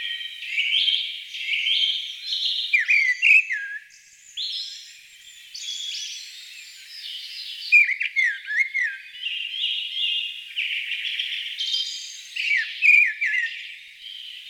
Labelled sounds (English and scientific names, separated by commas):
Mistle Thrush (Turdus viscivorus) song